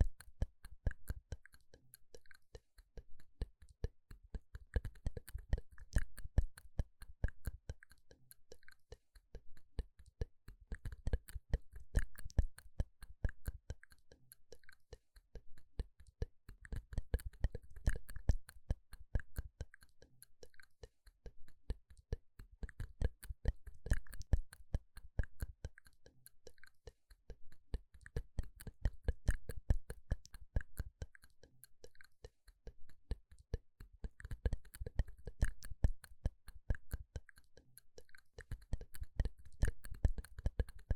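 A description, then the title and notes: Mouth sounds: rapid wet clicks, smacks and crunchy chewing noises, packed densely and fairly evenly across the whole recording. The bursts swell and ease in loose waves every few seconds, with a dull thumping underneath and crisp ticks up high. MouthSounds.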